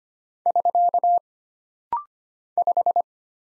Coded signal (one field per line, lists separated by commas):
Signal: Morse code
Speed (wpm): 25 wpm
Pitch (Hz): 700 Hz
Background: none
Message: <SK> 5